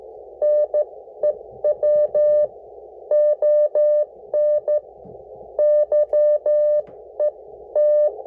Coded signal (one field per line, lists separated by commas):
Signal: Morse code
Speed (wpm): 14 wpm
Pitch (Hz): 600 Hz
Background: none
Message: NEW ON YET